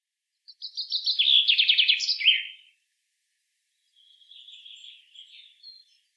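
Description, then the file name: Common chaffinch singing one rattling, downward-stepping phrase with a terminal flourish, then a quieter, buzzy, wavering sound about a second later. "Fringilla coelebs"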